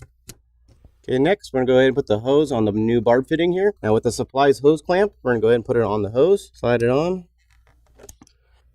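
The plastic quick-disconnect fitting of an engine breather/vacuum hose is pushed back onto its port on the new intake tube of a Flowmaster Delta Force Cold Air Intake 615128 on a 2011-16 Ford F250/F350 6.2L. A sharp click at 0.3 s shows it snapping into place and seating. Someone then talks, followed by a few faint ticks near the end.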